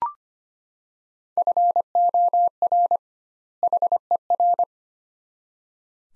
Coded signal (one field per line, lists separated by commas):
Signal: Morse code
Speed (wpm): 25 wpm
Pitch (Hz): 700 Hz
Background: none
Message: FOR HER